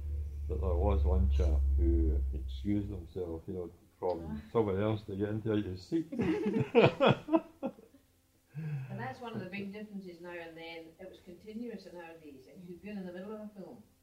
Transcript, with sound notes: There was one chap who excused himself, you know, from someone else to get into his seat. [laughs]
Ah. [laughs]
Ah, that's one of the big differences now and then. It was continuous in our days, and you could go in in the middle of a film.